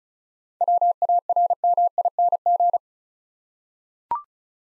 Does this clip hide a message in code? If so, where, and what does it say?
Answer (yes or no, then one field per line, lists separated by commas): yes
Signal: Morse code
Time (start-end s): 0.6-2.8 s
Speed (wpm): 36 wpm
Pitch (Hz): 700 Hz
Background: none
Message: WARMING